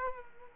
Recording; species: mosquito wingbeat signal from an infrared sensor; Culex quinquefasciatus